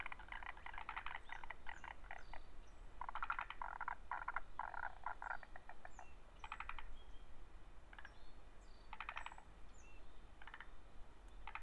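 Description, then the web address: Frog giving rapid rattling croak bursts, dense early then more spaced out, over a constant low rumble. Recorded at Kamikochi, Japan, on 7 June 2005. "windy scape 20050607 kamikochi sound kaeru"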